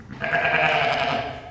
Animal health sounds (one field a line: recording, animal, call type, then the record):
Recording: contact call of a hoofed animal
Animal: sheep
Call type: low-frequency (closed-mouth) or high-frequency (open-mouth) call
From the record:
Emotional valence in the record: negative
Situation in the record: short social isolation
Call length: 1.51 s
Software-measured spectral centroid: 1980 Hz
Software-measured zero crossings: 2470 a second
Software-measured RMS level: -23 dBFS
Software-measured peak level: -6 dBFS